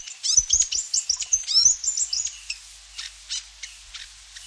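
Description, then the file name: New Zealand fantail calls: a quick cluster of high, sharp squeaky notes, then a few softer scattered chips. "piwakawaka"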